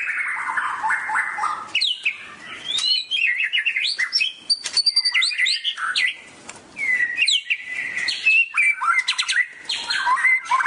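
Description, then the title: Oriental magpie-robin singing a long, varied medley of clear whistles, buzzy trills and rapid chattering notes, phrases tumbling together with only short gaps. "Kicau Kacer"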